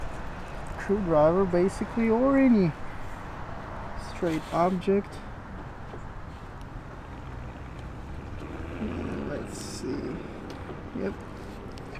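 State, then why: Not seated. Someone talks while handling the door handle linkage rod clip on a door handle carrier of a BMW E53 X5, with the rod already straightened using a screwdriver and being worked toward its holder in the handle carrier. Low steady background noise runs under the speech, with a brief soft sound near the end. Nothing has seated or clicked into place yet.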